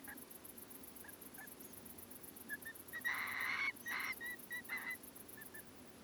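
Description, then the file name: Whimbrel giving harsh, screechy calls in a burst near the middle, mixed with short thin notes, over a steady high hiss. Screechy calls, recorded at Portland on 25 August 2016 at 23:52. "Whimbrel screechy calls with Tree Pipit Portland"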